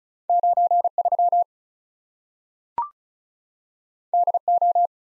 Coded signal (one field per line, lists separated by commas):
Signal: Morse code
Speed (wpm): 36 wpm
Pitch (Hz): 700 Hz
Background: none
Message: 9 3 D O